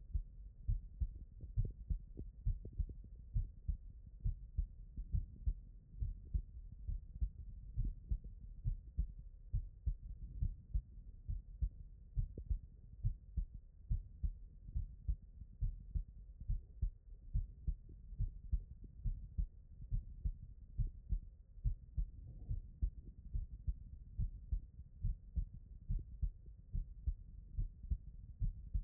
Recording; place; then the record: heart sounds by stethoscope; pulmonary valve (PV)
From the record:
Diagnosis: non-HFrEF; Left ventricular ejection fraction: 43%